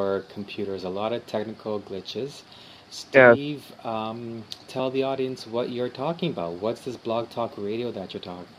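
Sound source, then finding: Adult male interviewer. Normal fluent speech.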